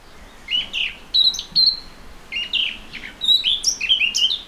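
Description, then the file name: Eurasian blackcap song, two bursts of quick, scratchy and fluty notes jumping between pitches, with a quiet gap between. "Sylvia atricapilla"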